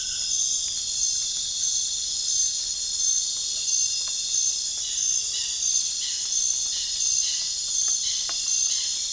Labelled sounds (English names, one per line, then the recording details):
none
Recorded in pastures near Puerto Asís, Putumayo, Colombia, on 25 June 2025 at 23:30
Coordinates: 0.466, -76.322
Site GP07